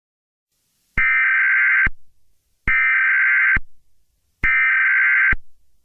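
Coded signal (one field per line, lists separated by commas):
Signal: Emergency Alert System (SAME) tones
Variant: header bursts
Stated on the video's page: Simulated EAS scenario depicting a cyberattack.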